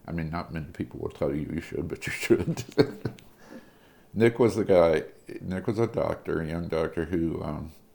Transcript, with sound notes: I mean, not many people will tell you you should, but you should. [laughter] Nick was a guy, Nick was a doctor, a young doctor, who